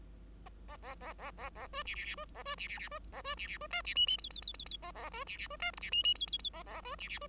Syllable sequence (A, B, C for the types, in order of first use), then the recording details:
A A A A A A B C C C B A B C C C B A B C C B D C E E F F F F F A A B C C B D G C E E F F F A A B C C B. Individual Bird5